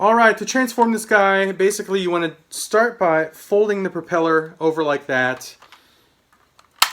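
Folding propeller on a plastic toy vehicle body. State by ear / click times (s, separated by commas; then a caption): seated / 6.8 s. A plastic propeller assembly on a vintage transforming toy vehicle is folded over and pushed down. Someone talks, then faint small rustles follow a pause. A sharp, loud snap at 6.8 s marks the propeller locking into place.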